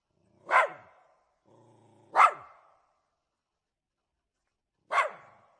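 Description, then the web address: Jack Russell terrier with a sharp bark, a brief low growl rolling into a second bark, then a pause and a third bark, all echoing. Various barks and growls, recorded with a big echo. "dog jack russell terrier barking growling various big echo"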